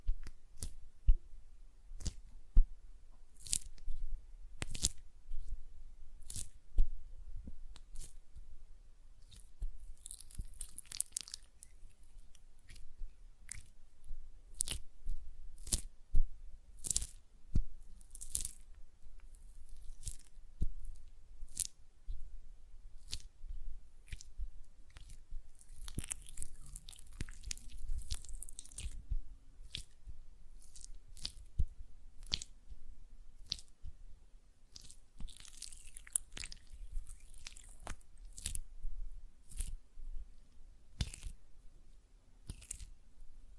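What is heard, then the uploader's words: Hands work gel lotion with a steady stream of sharp, wet clicks and smacks, arriving several per second throughout. Brighter squelching, rubbing bursts rise around 10, 26 and 35 seconds, and a low rumble sits beneath it all. ASMR Gel Lotion Hand Sounds (No Talking).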